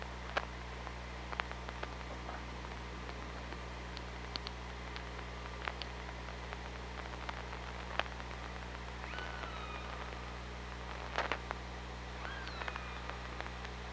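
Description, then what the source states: Killer whale calls: scattered clicks throughout, then short curving whistled calls near the end, over a constant low hum and background hiss. Recorded with the OrcaLab hydrophone on 24 August 2017.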